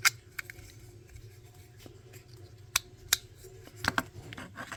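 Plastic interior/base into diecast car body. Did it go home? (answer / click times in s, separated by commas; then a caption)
yes / 2.8 s, 3.1 s. A plastic interior/base is pressed again into a diecast car's metal body after the first snap didn't go all the way down. Two sharp, loud snaps land at 2.8 s and 3.1 s, followed by a couple of softer clicks near 3.9 s and 4.0 s. The diecast body snaps fully home and is seated.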